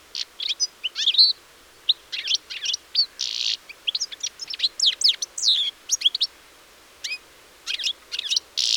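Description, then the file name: European Goldfinch twittering song, a rapid jumble of high tinkling notes, trills and buzzy bursts, with short pauses between phrases. "Carduelis carduelis"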